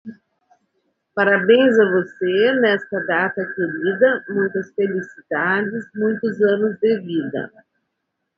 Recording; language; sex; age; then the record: short text; Brazilian Portuguese; female; 50 to 59 years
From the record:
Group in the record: control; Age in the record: 57 years